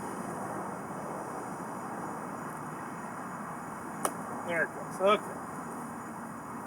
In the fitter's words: okay you heard it click so when it locks it's locked